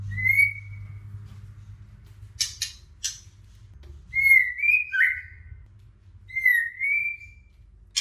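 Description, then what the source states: White-rumped shama song: three clear whistled phrases separated by quiet gaps, with scratchy rustling bursts and a low hum in between. Female.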